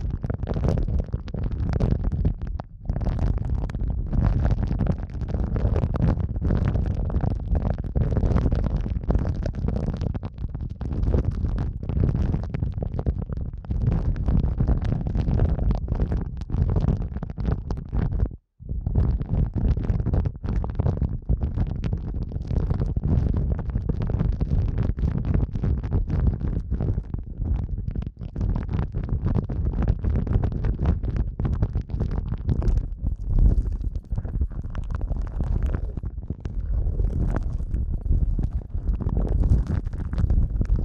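Muffled rubbing and pressing, a dense, continuous churn of low, thick sound with a deep rumble underneath. Soft crackly textures flicker through the higher range, and the sound drops out briefly around the 18-second mark before resuming. No voice is heard.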